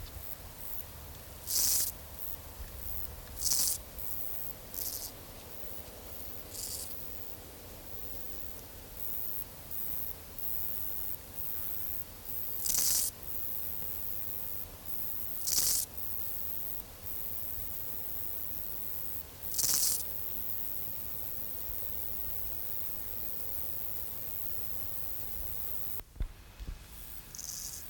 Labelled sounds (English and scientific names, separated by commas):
Meadow Grasshopper (Chorthippus parallelus) stridulation